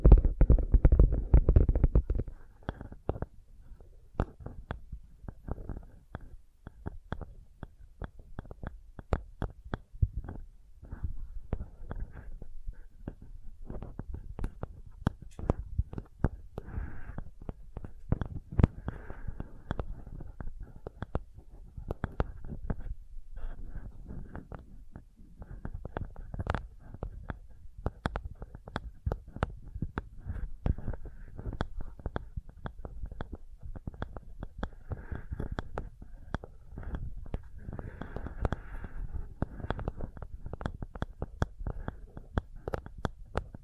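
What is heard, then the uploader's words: Sensitive tapping: soft, quick taps pattering almost continuously through the clip, fairly dense and slightly irregular, with a dull low thump beneath each one. It opens with a louder, heavier rumble for the first two seconds, then settles into steady quiet tapping. Sensitive Tapping.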